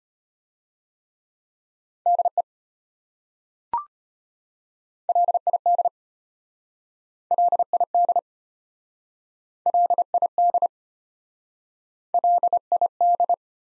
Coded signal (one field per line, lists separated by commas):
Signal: Morse code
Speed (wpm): 33 wpm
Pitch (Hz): 700 Hz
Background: none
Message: DE LID LID LID LID